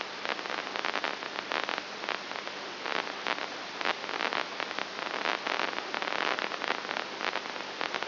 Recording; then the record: brain microelectrode recording played as sound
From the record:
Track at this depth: inside the subthalamic nucleus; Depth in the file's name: 3.301 mm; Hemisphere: right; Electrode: 2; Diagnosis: Parkinson's disease